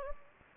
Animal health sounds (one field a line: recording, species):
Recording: mosquito wingbeat signal from an infrared sensor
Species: Anopheles gambiae